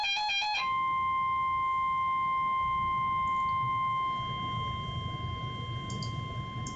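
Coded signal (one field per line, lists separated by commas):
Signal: Emergency Alert System (SAME) tones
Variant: 1050 Hz attention tone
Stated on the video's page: Severe Thunderstorm Warning received on a NOAA Weather Radio.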